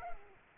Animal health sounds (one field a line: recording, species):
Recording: mosquito wingbeat signal from an infrared sensor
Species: Culex quinquefasciatus